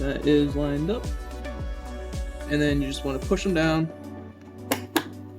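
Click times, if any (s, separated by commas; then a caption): 4.7 s, 5.0 s. A RAM module is pushed down into a motherboard DIMM slot until both side retention clips snap closed, giving two sharp clicks at 4.7 s and 5.0 s. Someone talks over background music, which drops out just before the clicks. The module is seated.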